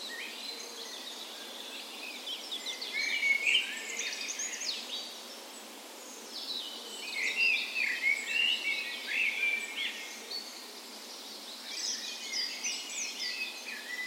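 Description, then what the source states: Birds in a dawn chorus, high chattering and trilled phrases coming in waves, quieter around the sixth second then rising again. Spring dawn chorus in a park west in Bergen, Norway, morning of 17 May, Norway's National Day; Sony PCM A10 recorder with LOM micro Usi mics as tree ears.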